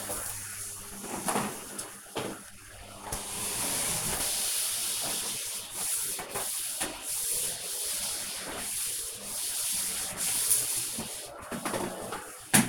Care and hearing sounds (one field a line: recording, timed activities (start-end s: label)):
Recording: household activities, microphone on the right wrist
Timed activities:
0.00-12.69 s: vacuum cleaning